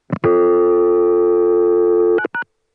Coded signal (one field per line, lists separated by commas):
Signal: telephone call progress tone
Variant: North America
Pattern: dial tone